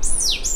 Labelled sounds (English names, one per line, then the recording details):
Stitchbird song
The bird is a male
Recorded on Tiritiri Matangi Island, New Zealand, in 2005
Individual 2, of nest box 2